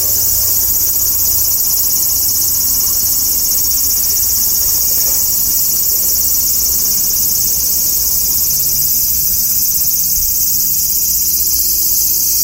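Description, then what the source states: Large brown cicadas singing: a dense, unbroken high sizzling drone that holds steady and loud through the whole stretch, with no pauses. Many singing together in a cherry tree, the sound pouring down from above; three individuals visible at once; hot August day.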